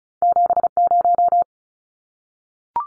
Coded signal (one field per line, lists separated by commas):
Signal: Morse code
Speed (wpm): 34 wpm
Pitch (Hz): 700 Hz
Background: none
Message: 70